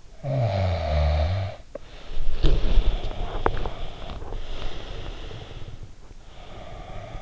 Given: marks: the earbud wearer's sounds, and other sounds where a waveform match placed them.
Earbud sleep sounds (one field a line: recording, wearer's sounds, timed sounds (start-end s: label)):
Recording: sounds in sleep by an in-ear microphone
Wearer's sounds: snoring breath, body movement, breath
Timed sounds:
0.10-4.24 s: snoring breath
2.23-7.22 s: body movement
4.50-5.31 s: breath